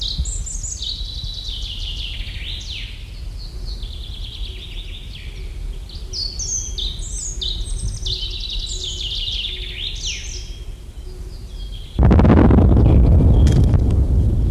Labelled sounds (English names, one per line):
European Robin song